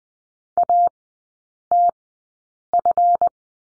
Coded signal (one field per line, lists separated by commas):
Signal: Morse code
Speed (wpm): 20 wpm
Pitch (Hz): 700 Hz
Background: none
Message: ATF